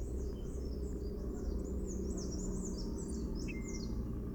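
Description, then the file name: Brown-cheeked fulvetta giving thin, high twittering and squeaky notes in quick succession, over a loud, steady low rumble. Call, February 2011, Agumbe, Karnataka. "Brown-cheeked fulvetta call recorded in February 2011 at Agumbe, Karnataka"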